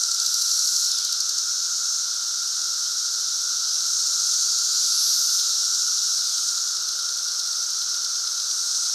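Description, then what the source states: Periodical cicada chorus forming a continuous shrill, hissing wall of sound with a constant lower hum beneath it. Cicadas recorded during the 2024 emergence.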